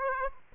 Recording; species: mosquito wingbeat signal from an infrared sensor; Aedes aegypti